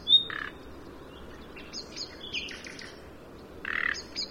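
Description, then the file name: Common nightingale giving one high whistled note followed by a harsh, buzzy croak. Brief scratchy notes come next, then another rasping croak near the end. "Luscinia megarhynchos"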